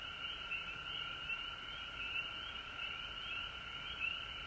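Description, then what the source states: Frogs calling together in an unbroken, shimmering chorus of trills and peeps that pulses slightly but never pauses. Frogs recorded at home in Georgia on March 19, 2020.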